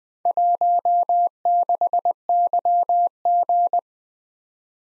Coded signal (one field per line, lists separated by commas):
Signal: Morse code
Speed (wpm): 20 wpm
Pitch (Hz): 700 Hz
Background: none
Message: 16YG